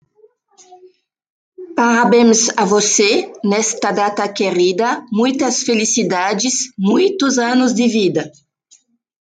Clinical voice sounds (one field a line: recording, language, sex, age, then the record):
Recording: short text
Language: Brazilian Portuguese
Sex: female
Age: 40 to 49 years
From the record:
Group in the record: control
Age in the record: 44 years